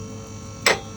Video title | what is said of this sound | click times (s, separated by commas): Volvo V70 calliper | Locked into place, ready to safely use. | 0.7 s